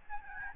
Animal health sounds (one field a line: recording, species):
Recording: mosquito wingbeat signal from an infrared sensor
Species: Aedes albopictus